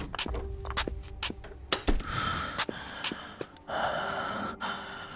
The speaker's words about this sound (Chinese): 藤田青也大口喘息着，觉得身体发烫，想跳进外头的雪里。